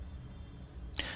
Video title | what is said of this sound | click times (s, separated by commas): IKEA TISKEN towel rack with suction cups – assembly, installation & removal instructions. | Now slide it up firmly until you hear a click. That click means it's locked and secure. | 1.0 s